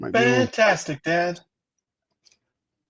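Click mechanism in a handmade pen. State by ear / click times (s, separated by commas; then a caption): not seated / none. Someone talks for the first second and a half, then the click mechanism of a newly assembled handmade pen is pressed, giving only a faint tick around 2.3 s. The mechanism does not click into place; nothing has clicked yet.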